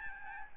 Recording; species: mosquito wingbeat signal from an infrared sensor; Aedes albopictus